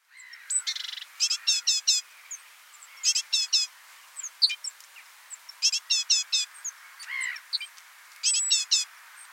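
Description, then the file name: Great tit: repeated groups of four quick, high notes every couple of seconds, with scattered single notes in between. "Parus major"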